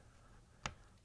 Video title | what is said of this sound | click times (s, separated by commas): How To: Whirlpool/KitchenAid/Maytag Dishwasher Detergent Dispenser Bracket WPW10462232 | put it in and make sure it locks in place | 0.7 s